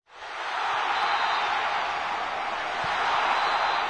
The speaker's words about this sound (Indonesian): Wah, ramai sekali ya. Ya, banyak orang berteriak-teriak dan sorak-sorai. Suasana itu diungkapkan melalui kata berikut ini.